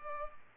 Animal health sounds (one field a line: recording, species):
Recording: mosquito wingbeat signal from an infrared sensor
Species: Culex pipiens